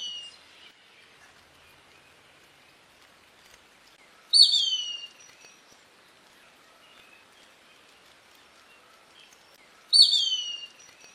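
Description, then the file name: Plumbeous kite: two clear descending whistled calls roughly six seconds apart, plus the tail of an earlier one at the start, over soft background bird chirping. "Canto do Sovi"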